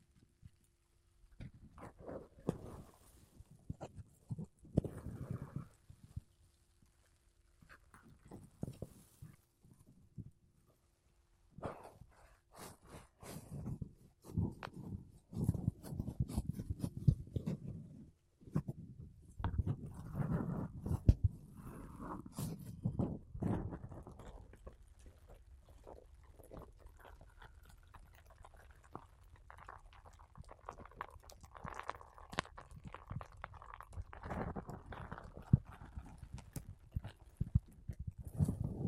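Makeup brushes and a sponge brush across a microphone in soft, rough strokes, the sweeping and patting coming in bursts with short pauses. The densest scrubbing falls between about 12 and 24 seconds. After that the strokes turn lighter and thinner with a faint airy swish.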